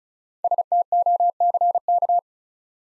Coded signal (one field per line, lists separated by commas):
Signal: Morse code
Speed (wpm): 36 wpm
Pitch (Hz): 700 Hz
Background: none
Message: STOCK